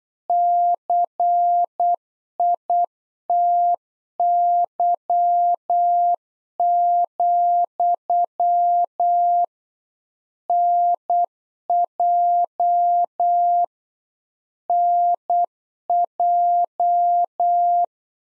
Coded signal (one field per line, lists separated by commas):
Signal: Morse code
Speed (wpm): 8 wpm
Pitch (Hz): 700 Hz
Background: none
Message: CITY, NJ NJ